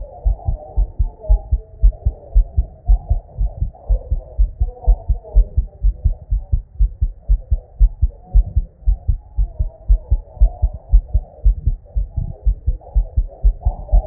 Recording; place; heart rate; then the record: heart sounds by stethoscope; Erb's point; 119 bpm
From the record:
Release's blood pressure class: hypertension stage 1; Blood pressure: 130/77 mmHg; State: at rest